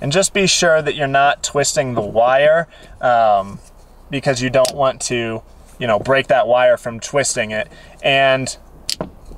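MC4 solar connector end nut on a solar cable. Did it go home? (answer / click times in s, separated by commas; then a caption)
yes / 8.9 s, 9.0 s. Someone talks while tightening the plastic end nut of an MC4 solar connector on a solar cable. Sharp clicks at 8.9 s and 9.0 s mark the nut going fully tight, and the connector is seated.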